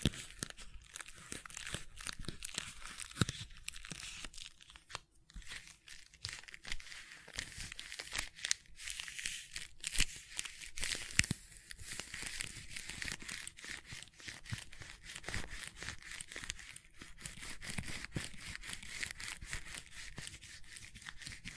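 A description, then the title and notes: Gentle handling of silicone, heard as soft crinkling and squishing noises that run almost without pause for the whole stretch. The sound is mostly bright and hissy, with dense little clicks and scrapes, a brief lull near five seconds, and occasional sharper taps. ASMR Gentle Silicon Sounds for Sleep (No Talking).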